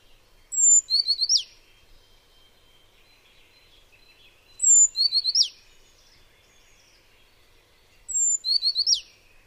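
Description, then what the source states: Azure tit: a high thin note followed by a quick buzzy series of chips, repeated three times about every four seconds, with faint background hiss. Recorded in a riparian forest along the river Charon in southeastern Kazakhstan.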